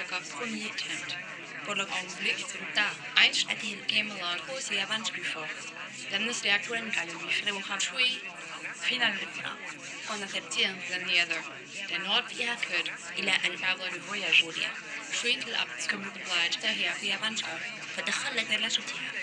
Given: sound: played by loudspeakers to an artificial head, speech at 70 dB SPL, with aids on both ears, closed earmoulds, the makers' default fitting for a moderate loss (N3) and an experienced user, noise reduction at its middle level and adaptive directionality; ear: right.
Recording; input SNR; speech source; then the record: speech test signal (ISTS) in cocktail-party noise; +3 dB; in front (0 degrees)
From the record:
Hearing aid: class 2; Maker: G